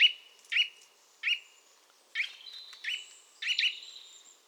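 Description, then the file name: Eurasian nuthatch giving loud, sharp piping calls, single and doubled notes at irregular half-second to one-second gaps, with thin high tones between them. "Sitta europaea"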